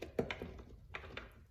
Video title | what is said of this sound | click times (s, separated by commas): BMW e90 2006-2012 3-Series Rear View Mirror Glass Replacement | Squeeze it, make sure that you hear all the clicks. | 0.2 s, 0.3 s, 1.0 s